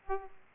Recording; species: mosquito wingbeat signal from an infrared sensor; Aedes aegypti